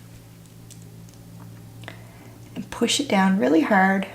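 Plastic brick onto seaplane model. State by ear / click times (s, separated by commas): not seated / none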